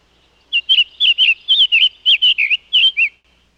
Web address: Summer Tanager